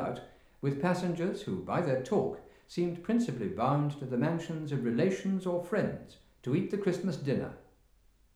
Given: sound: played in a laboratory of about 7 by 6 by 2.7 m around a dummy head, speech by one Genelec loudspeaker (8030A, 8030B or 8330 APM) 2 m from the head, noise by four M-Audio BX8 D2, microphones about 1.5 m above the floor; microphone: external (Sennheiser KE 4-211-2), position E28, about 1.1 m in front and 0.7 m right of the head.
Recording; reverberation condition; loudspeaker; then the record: male speech in English; medium; in front (0 degrees)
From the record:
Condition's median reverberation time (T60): about 510 ms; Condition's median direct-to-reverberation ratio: about -0.5 dB